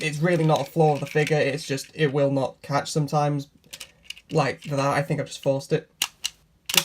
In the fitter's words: it back down clicks into place now